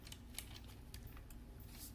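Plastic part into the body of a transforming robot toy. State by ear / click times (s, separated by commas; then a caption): not seated / none. A plastic part of a Siege Spinister Deluxe Transformers War for Cybertron robot toy is pressed into the toy's body during transformation, giving a string of small, sharp plastic taps and clicks over low background hum. The part fails to lock in, and nothing has seated or clicked into place yet.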